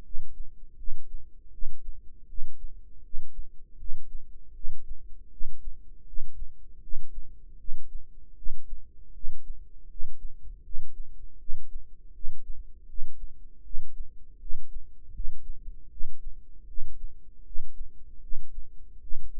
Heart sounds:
heart sounds by microphone in the right ear; 79 bpm
0.02 s: heartbeat
0.76 s: heartbeat
1.50 s: heartbeat
2.26 s: heartbeat
3.01 s: heartbeat
3.76 s: heartbeat
4.52 s: heartbeat
5.29 s: heartbeat
6.04 s: heartbeat
6.79 s: heartbeat
7.56 s: heartbeat
8.34 s: heartbeat
9.12 s: heartbeat
9.87 s: heartbeat
10.61 s: heartbeat
11.37 s: heartbeat
12.11 s: heartbeat
12.85 s: heartbeat
13.62 s: heartbeat
14.38 s: heartbeat
15.11 s: heartbeat
15.88 s: heartbeat
16.65 s: heartbeat
17.42 s: heartbeat
18.19 s: heartbeat
18.99 s: heartbeat
From the record:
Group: healthy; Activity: cold pressor test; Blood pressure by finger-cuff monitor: 116/65 mmHg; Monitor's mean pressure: 79 mmHg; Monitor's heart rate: 79 bpm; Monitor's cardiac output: 7.8 L/min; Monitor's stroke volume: 98 mL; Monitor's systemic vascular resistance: 740 dyn s/cm5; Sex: male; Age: 35 years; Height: 180 cm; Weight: 86.9 kg

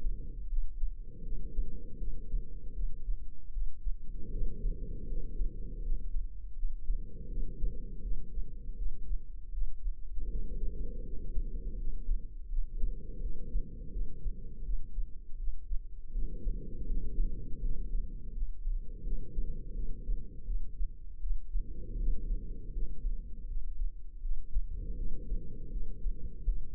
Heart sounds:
heart sounds by microphone in the left ear; 81 bpm
0.47 s: heartbeat
1.21 s: heartbeat
1.96 s: heartbeat
2.71 s: heartbeat
3.50 s: heartbeat
4.29 s: heartbeat
5.06 s: heartbeat
5.81 s: heartbeat
6.54 s: heartbeat
7.26 s: heartbeat
7.99 s: heartbeat
8.74 s: heartbeat
9.49 s: heartbeat
10.27 s: heartbeat
11.02 s: heartbeat
11.76 s: heartbeat
12.47 s: heartbeat
13.18 s: heartbeat
13.89 s: heartbeat
14.61 s: heartbeat
15.35 s: heartbeat
16.10 s: heartbeat
16.85 s: heartbeat
17.59 s: heartbeat
18.31 s: heartbeat
19.01 s: heartbeat
19.71 s: heartbeat
20.43 s: heartbeat
21.18 s: heartbeat
21.96 s: heartbeat
22.71 s: heartbeat
23.46 s: heartbeat
24.20 s: heartbeat
24.94 s: heartbeat
25.69 s: heartbeat
26.44 s: heartbeat
From the record:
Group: healthy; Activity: cold pressor test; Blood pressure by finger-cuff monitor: 123/94 mmHg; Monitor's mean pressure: 104 mmHg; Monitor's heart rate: 81 bpm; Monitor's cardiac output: 5.8 L/min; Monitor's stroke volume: 71 mL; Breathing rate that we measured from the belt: 10 breaths a minute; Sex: female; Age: 32 years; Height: 172 cm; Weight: 71.7 kg

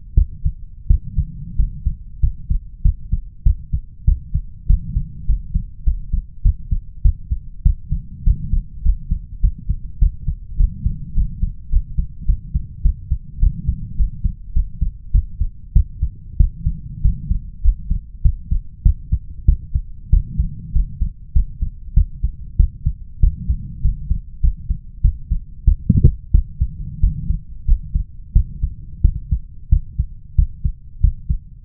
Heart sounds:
heart sounds by stethoscope; 97 bpm
0.14 s: heartbeat
0.87 s: heartbeat
1.55 s: heartbeat
2.20 s: heartbeat
2.82 s: heartbeat
3.43 s: heartbeat
4.04 s: heartbeat
4.66 s: heartbeat
5.25 s: heartbeat
5.83 s: heartbeat
6.42 s: heartbeat
7.01 s: heartbeat
7.62 s: heartbeat
8.23 s: heartbeat
8.82 s: heartbeat
9.40 s: heartbeat
9.98 s: heartbeat
10.56 s: heartbeat
11.13 s: heartbeat
11.69 s: heartbeat
12.25 s: heartbeat
12.82 s: heartbeat
13.39 s: heartbeat
13.96 s: heartbeat
14.53 s: heartbeat
15.11 s: heartbeat
15.72 s: heartbeat
16.37 s: heartbeat
17.01 s: heartbeat
17.61 s: heartbeat
18.21 s: heartbeat
18.82 s: heartbeat
19.45 s: heartbeat
20.09 s: heartbeat
20.72 s: heartbeat
21.32 s: heartbeat
21.93 s: heartbeat
22.56 s: heartbeat
23.20 s: heartbeat
23.81 s: heartbeat
24.40 s: heartbeat
25.01 s: heartbeat
25.64 s: heartbeat
26.31 s: heartbeat
27.00 s: heartbeat
27.65 s: heartbeat
28.32 s: heartbeat
29.01 s: heartbeat
29.69 s: heartbeat
30.35 s: heartbeat
31.00 s: heartbeat
31.64 s: heartbeat
From the record:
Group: healthy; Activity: rest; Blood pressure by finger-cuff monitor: 127/88 mmHg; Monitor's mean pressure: 99 mmHg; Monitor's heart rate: 97 bpm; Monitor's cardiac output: 6.8 L/min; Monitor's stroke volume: 69 mL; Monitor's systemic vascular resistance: 1080 dyn s/cm5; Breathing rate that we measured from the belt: 19 breaths a minute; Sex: male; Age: 21 years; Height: 180 cm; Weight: 67.5 kg

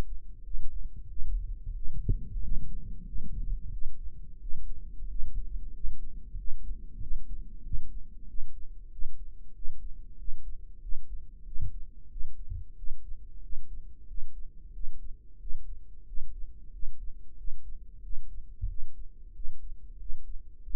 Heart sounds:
heart sounds by microphone in the right ear; 92 bpm
0.45 s: heartbeat
1.10 s: heartbeat
1.76 s: heartbeat
2.43 s: heartbeat
3.07 s: heartbeat
3.73 s: heartbeat
4.42 s: heartbeat
5.10 s: heartbeat
5.75 s: heartbeat
6.38 s: heartbeat
7.01 s: heartbeat
7.65 s: heartbeat
8.29 s: heartbeat
8.92 s: heartbeat
9.56 s: heartbeat
10.19 s: heartbeat
10.83 s: heartbeat
11.46 s: heartbeat
12.11 s: heartbeat
12.78 s: heartbeat
13.43 s: heartbeat
14.09 s: heartbeat
14.74 s: heartbeat
15.41 s: heartbeat
16.08 s: heartbeat
16.74 s: heartbeat
17.38 s: heartbeat
18.04 s: heartbeat
18.69 s: heartbeat
19.35 s: heartbeat
20.00 s: heartbeat
20.64 s: heartbeat
From the record:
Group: healthy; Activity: rest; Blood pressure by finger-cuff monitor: 141/76 mmHg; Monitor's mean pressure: 93 mmHg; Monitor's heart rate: 92 bpm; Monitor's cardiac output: 7.9 L/min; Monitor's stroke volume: 85 mL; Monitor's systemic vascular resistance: 860 dyn s/cm5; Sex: male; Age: 21 years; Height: 175 cm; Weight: 72.6 kg

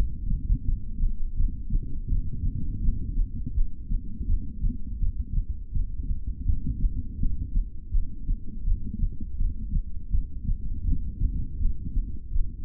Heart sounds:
heart sounds by stethoscope; 82 bpm
0.62 s: heartbeat
1.34 s: heartbeat
2.06 s: heartbeat
2.78 s: heartbeat
3.51 s: heartbeat
4.24 s: heartbeat
4.97 s: heartbeat
5.70 s: heartbeat
6.42 s: heartbeat
7.15 s: heartbeat
7.89 s: heartbeat
8.62 s: heartbeat
9.35 s: heartbeat
10.08 s: heartbeat
10.81 s: heartbeat
11.55 s: heartbeat
12.29 s: heartbeat
From the record:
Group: heart failure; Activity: rest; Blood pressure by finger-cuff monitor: 84/51 mmHg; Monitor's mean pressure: 64 mmHg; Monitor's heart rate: 82 bpm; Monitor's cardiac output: 7.5 L/min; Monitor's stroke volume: 90 mL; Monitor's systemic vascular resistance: 600 dyn s/cm5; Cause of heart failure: ischemic heart disease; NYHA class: 2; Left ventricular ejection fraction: 28%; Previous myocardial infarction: present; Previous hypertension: present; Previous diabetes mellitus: present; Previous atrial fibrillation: present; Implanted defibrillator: present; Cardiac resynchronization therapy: present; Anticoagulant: apixaban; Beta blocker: bisoprolol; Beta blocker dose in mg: 10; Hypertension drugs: sacubitril-valsartan, spironolactone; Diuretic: furosemide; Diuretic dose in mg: 20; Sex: male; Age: 62 years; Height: 178 cm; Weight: 88.3 kg

